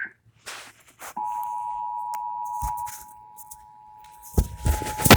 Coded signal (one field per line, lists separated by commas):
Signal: Emergency Alert System (SAME) tones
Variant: 853 and 960 Hz attention tone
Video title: Emergency Alert System 8/26/2011 4:38 P.M.